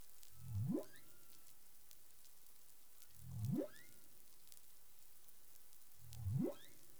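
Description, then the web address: Humpback whale vocal units: three short upsweeping moans climbing from a low rumble, repeated about every three seconds against faint underwater crackle. Recorded 20 April 2021 at 04:14 UTC. "CARIMAM clean data humpback whale"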